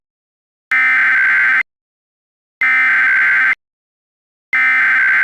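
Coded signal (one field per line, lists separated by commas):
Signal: Emergency Alert System (SAME) tones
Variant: header bursts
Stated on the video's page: Recreation of a Texas statewide Blue Alert.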